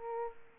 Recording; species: mosquito wingbeat signal from an infrared sensor; Aedes aegypti